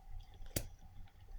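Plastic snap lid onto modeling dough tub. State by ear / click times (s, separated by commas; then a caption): seated / 0.6 s. A teacher presses a plastic snap lid back onto a tub of modeling dough, making a single sharp snap at 0.6 s, with faint quieter handling sounds before and after. The lid is seated and the tub is closed, and this snap is the sound children should listen for so the dough does not dry out.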